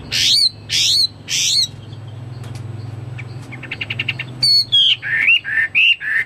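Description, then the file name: Chinese hwamei song: three loud rising slurred whistles, a short rapid trill, then a series of clear whistled notes rising and falling, over a low background hum. "omkicau hwamei"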